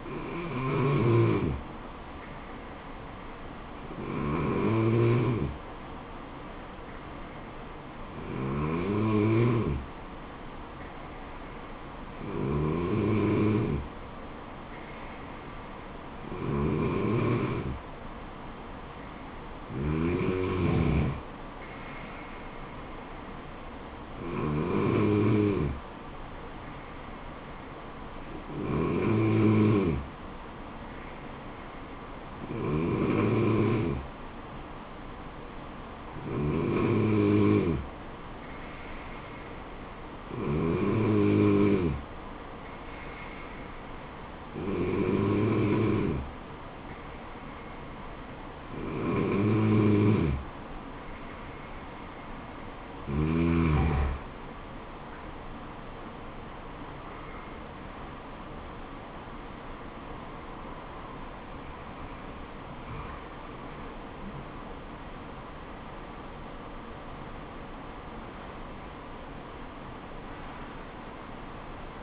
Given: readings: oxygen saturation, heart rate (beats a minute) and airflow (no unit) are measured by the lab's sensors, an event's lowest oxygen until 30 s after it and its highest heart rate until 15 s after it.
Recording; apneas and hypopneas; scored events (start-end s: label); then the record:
breathing in sleep by a voice recorder at the bedside; 1
32.00-57.80 s: hypopnea (N2, oxygen 95% highest, then 94% lowest, heart rate 67 at the start, 76 highest)
From the record:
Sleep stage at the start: N2 (light sleep); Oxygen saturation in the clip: 94 to 95%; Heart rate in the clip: 66 to 76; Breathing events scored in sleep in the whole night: 426 in 7.4 hours asleep